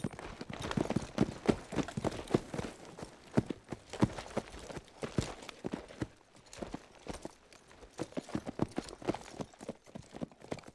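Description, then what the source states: Horse hoofbeats, quick uneven thuds and clatters throughout, with a brief lull in the middle. Horse galloping.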